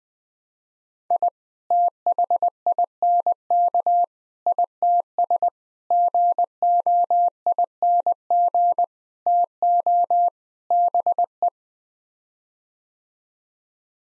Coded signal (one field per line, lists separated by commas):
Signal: Morse code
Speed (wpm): 20 wpm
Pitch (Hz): 700 Hz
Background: none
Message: I THINK ITS GOING TO BE